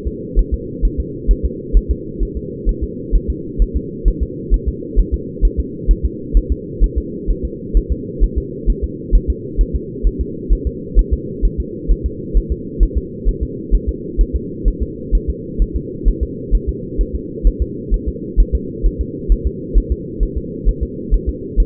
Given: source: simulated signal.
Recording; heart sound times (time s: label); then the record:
fetal heart sounds
0.07 s: S2
0.39 s: S1
0.54 s: S2
0.85 s: S1
1.00 s: S2
1.31 s: S1
1.46 s: S2
1.77 s: S1
1.91 s: S2
2.23 s: S1
2.37 s: S2
2.69 s: S1
2.84 s: S2
3.16 s: S1
3.30 s: S2
3.62 s: S1
3.77 s: S2
4.08 s: S1
4.23 s: S2
4.54 s: S1
4.69 s: S2
4.99 s: S1
5.14 s: S2
5.45 s: S1
5.60 s: S2
5.91 s: S1
6.06 s: S2
6.37 s: S1
6.52 s: S2
6.84 s: S1
6.98 s: S2
7.30 s: S1
7.45 s: S2
7.77 s: S1
7.92 s: S2
8.24 s: S1
8.38 s: S2
8.70 s: S1
8.84 s: S2
9.15 s: S1
9.30 s: S2
9.61 s: S1
9.76 s: S2
10.07 s: S1
10.21 s: S2
10.53 s: S1
10.67 s: S2
10.99 s: S1
11.13 s: S2
11.45 s: S1
11.60 s: S2
11.91 s: S1
12.06 s: S2
12.37 s: S1
12.52 s: S2
12.83 s: S1
12.98 s: S2
13.29 s: S1
13.43 s: S2
13.75 s: S1
13.89 s: S2
14.21 s: S1
14.36 s: S2
14.68 s: S1
14.83 s: S2
15.15 s: S1
15.30 s: S2
15.62 s: S1
15.77 s: S2
16.08 s: S1
16.23 s: S2
16.55 s: S1
16.69 s: S2
17.01 s: S1
17.16 s: S2
17.47 s: S1
17.62 s: S2
17.94 s: S1
18.08 s: S2
18.40 s: S1
18.55 s: S2
18.86 s: S1
19.01 s: S2
19.32 s: S1
19.47 s: S2
19.78 s: S1
19.92 s: S2
20.23 s: S1
20.38 s: S2
20.69 s: S1
20.83 s: S2
21.14 s: S1
21.29 s: S2
21.60 s: S1
From the record:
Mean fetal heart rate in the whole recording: 130 bpm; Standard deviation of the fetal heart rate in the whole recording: 2 bpm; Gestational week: 36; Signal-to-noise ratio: -4.1 dB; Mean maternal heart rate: no maternal heart sound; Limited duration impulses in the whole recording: absent